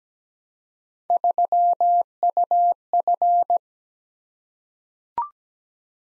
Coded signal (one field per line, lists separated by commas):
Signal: Morse code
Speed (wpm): 17 wpm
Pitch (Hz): 700 Hz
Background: none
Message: 3UF